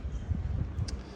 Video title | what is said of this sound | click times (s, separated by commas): Adria altea Avon | is press it in until you hear that click. | 0.9 s